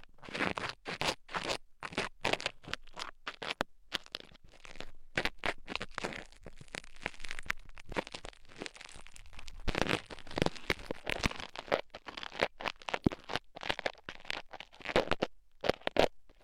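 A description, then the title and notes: Ear cleaning makes a dense run of scratchy, crackling rustles that start and stop in quick bursts, with brief silent gaps between them. The texture is bright and crunchy, rising in thicker clusters around ten and thirteen seconds before continuing unevenly to the end. Penetrating flow ear cleaning.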